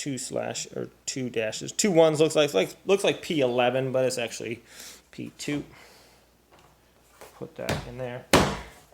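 Someone talks while a plastic panel of a Keter Eden all-weather outdoor storage bench is handled and pushed toward its slot in the bench frame, with brief knocks and a sharp rustling burst near the end. Nothing has seated or clicked into place yet.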